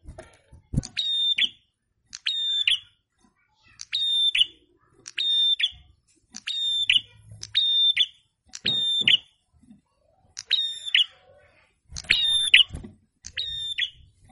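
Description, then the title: Prinia giving about a dozen buzzy, harshly ringing phrases at a fairly even pace, with brief pauses between bursts. In full song (gacor); a masteran training recording. "Prenjak kepala merah [prenjak atas] Gacor, lagu enak di dengar.. lawan auto nyaut"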